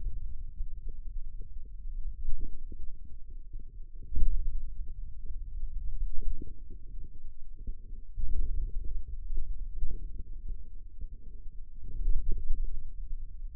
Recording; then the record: forearm muscle sounds (acoustic myography)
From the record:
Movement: pen grasping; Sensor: system 2, bracelet of six BSWA MPA416 microphones around the upper forearm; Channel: 5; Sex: male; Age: 22 years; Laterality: right